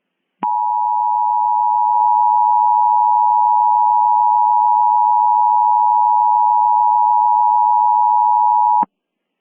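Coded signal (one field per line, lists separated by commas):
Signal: Emergency Alert System (SAME) tones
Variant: 853 and 960 Hz attention tone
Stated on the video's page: Mock Emergency Alert System alert using valid EAS tones, loud at the end.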